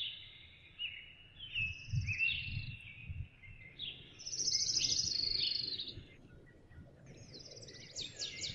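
Birds singing varied whistled phrases and a high buzzy trill over a low rumbling background noise.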